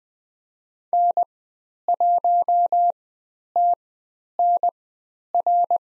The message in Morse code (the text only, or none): N1TNR